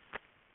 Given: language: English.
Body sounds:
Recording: throat vibration sensor signal played as sound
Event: swallow

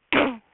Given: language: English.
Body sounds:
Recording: throat vibration sensor signal played as sound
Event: throat clearing

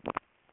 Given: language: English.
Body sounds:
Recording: throat vibration sensor signal played as sound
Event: swallow

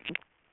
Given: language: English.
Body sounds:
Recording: throat vibration sensor signal played as sound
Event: swallow

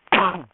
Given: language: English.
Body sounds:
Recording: throat vibration sensor signal played as sound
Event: cough

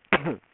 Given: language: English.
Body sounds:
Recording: throat vibration sensor signal played as sound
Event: cough

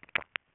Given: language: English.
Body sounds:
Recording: throat vibration sensor signal played as sound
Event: swallow

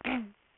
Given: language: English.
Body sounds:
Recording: throat vibration sensor signal played as sound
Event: throat clearing

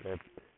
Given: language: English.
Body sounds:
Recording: throat vibration sensor signal played as sound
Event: speech

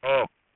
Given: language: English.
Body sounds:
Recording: throat vibration sensor signal played as sound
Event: speech

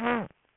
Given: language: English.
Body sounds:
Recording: throat vibration sensor signal played as sound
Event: throat clearing

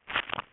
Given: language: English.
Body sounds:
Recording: throat vibration sensor signal played as sound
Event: swallow

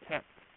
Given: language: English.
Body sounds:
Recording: throat vibration sensor signal played as sound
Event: speech

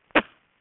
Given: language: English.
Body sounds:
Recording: throat vibration sensor signal played as sound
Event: cough

